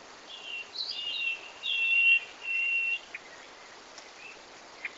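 Common nightingale song phrase of several drawn-out notes, followed by a few faint scattered ticks.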